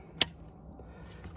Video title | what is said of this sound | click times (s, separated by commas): 2000 - 2007 Ford F-250, F350 and Excursion front drivers side window door switch replacement. | Push it in until it clicks, | 0.2 s